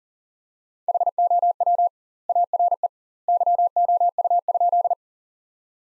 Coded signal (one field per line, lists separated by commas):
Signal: Morse code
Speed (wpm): 37 wpm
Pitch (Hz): 700 Hz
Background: none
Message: HOW ARE YOU?